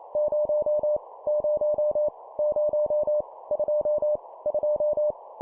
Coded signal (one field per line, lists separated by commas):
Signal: Morse code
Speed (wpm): 28 wpm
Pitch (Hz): 600 Hz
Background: none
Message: 0 0 0 2 2